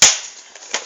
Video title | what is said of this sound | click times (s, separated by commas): Hardball g�ver:ak47 | der så sag den klik og | 0.0 s